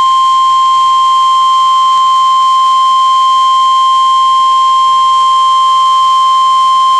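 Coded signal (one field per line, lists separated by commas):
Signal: Emergency Alert System (SAME) tones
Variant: 1050 Hz attention tone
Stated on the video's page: Real tornado warning received on NOAA Weather Radio.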